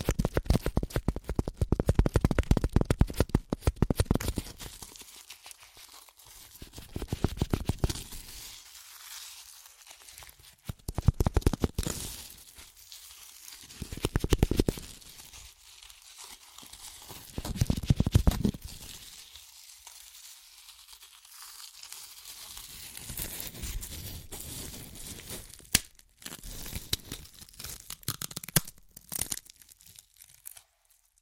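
Crunchy chips being crushed and eaten in irregular bursts of crackling and crinkling, with quieter pauses between bites and a sharp snap near 26 seconds.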